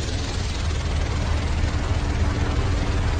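A helicopter's engine and rotor roar steadily, a dense, unbroken wash of noise with a heavy low-end rumble that holds the same loud level throughout, with no voices.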